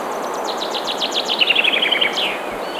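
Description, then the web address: Bird song: a series of separate high notes that quickens into a rapid trill and ends in a brief downward flourish, over a steady background hiss. Birds singing in a forest. "مجموعه افکت صدا حیوانات SES Animals SFX Singing Forest Birds"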